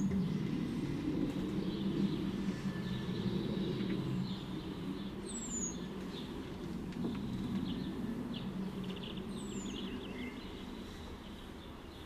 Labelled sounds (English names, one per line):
Common Blackbird call